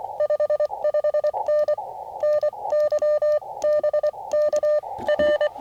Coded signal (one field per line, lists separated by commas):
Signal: Morse code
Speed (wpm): 23 wpm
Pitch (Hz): 600 Hz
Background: none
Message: 55N NY BK R